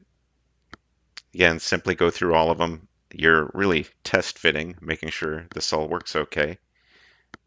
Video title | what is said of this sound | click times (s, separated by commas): Building the ERCF v2, Enraged Rabbit Carrot Feeder by Siboor. Part 2 - Filament block construction. | um or you can simply push down and they will snap right in without you | 0.7 s, 1.2 s